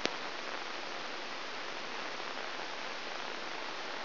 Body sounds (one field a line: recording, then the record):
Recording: brain microelectrode recording played as sound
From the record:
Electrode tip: inside the subthalamic nucleus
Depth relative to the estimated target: -3.3 mm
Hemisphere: left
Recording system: AlphaMap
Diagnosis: Parkinson's disease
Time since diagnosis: 20 years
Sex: female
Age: 65 years